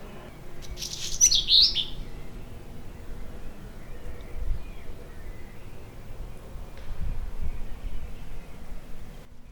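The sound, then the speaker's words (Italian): A brief burst of high, twittering chirps from small birds singing outside rises near the start, then fades, leaving a steady low rumble of outdoor background noise for the rest. “C'è un momento incredibile di canti gregoriani, uccellini che cantano fuori e rumori di festa del Giro d'Italia sotto.”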